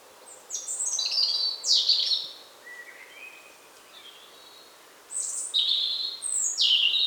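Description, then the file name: European robin song: a jumble of high, thin, warbling notes and quick descending slurs, a soft lower phrase in the middle, then another bright high burst, with light background hiss. "Erithacus rubecula"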